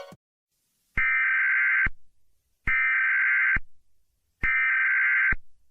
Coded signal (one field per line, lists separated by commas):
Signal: Emergency Alert System (SAME) tones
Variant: header bursts